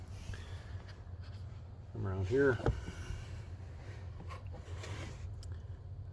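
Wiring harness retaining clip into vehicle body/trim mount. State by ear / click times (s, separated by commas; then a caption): seated / 5.4 s. A remote start antenna wiring harness retaining clip is pushed into its mounting point behind the trim of a 2014 Ford F150 while someone talks over a low steady hum. A sharp click at 5.4 seconds marks the clip snapping and locking into place, seated.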